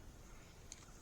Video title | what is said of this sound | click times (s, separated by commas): Self Defense / Home Defense Firearms Basics for Women and Beginners | to load the clip on them you simply slide into the handle till you hear a click | 0.7 s